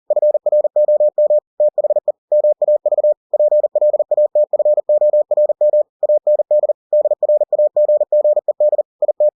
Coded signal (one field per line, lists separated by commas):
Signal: Morse code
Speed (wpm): 40 wpm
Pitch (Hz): 600 Hz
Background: none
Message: FROM THE MAV PLATFORM AND DRAGGED IT